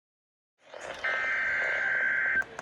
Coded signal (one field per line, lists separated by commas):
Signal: Emergency Alert System (SAME) tones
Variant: header bursts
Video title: (LATE UPLOAD) 2024 EAS Rewind! My most memorable EAS captures…